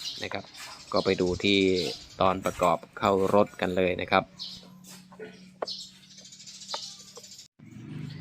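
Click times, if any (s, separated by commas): 5.6 s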